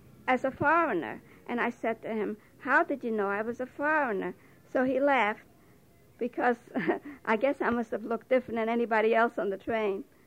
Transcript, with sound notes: as a foreigner, and I said to him, "How did you know I was a foreigner?" So he laughed because (she laughs) I guess I must have looked different than anybody else on the train.